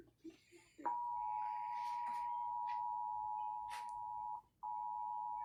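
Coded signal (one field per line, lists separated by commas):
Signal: Emergency Alert System (SAME) tones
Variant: 853 and 960 Hz attention tone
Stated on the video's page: Severe thunderstorm warning EAS tones heard on weather radio and on TV.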